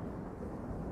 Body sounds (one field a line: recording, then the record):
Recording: background sound without coughing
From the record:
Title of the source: Train Ride Ambience ambient white noise for sleeping, focus, studying, reading